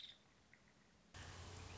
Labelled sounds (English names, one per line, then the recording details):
Nuttall's Woodpecker
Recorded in Sonoma County, California